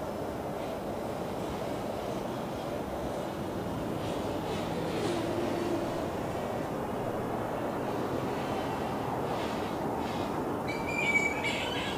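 Faint flying fox chatter sits over a steady, dense rumble of traffic, with one sharp, high squeal breaking through near the end.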